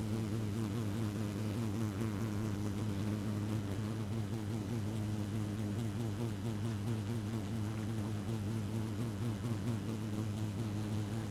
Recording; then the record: honeybee colony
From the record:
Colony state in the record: active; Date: 12 June 2018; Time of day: 1:21